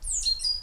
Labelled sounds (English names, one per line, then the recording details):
Stitchbird song
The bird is a male
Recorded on Tiritiri Matangi Island, New Zealand, in 2005
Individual 12, of nest box 16